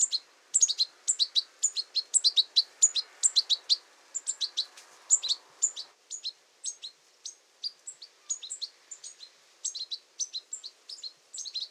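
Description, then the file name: European goldfinch giving rapid liquid twittering calls, chattering notes in tight bursts nearly nonstop, with a faint low hiss in the first half. "Carduelis carduelis"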